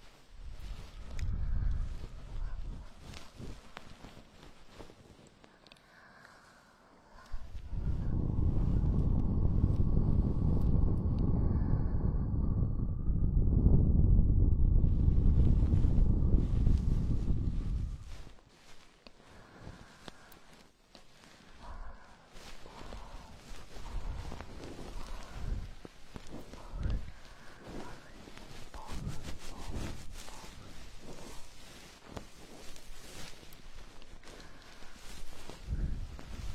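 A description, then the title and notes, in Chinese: Ear cleaning with a goose-feather stick: soft scratchy rustling, a loud dense muffled rubbing from about 8 to 18 seconds, then lighter crackles. 鹅毛棒掏耳朵 轻语。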